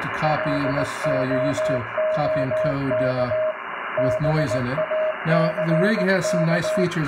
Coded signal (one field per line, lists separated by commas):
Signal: Morse code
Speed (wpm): 18 wpm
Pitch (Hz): 620 Hz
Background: speech, radio noise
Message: LOOK BACK